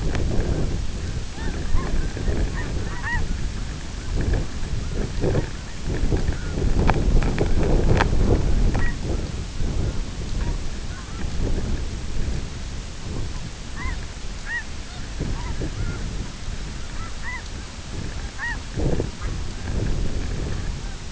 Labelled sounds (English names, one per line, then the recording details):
unidentified sound
King Eider
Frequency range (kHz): King Eider 0.5-1.4 kHz
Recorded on Arctic tundra, site IGLO-F, on 24 June 2018
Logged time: 18:00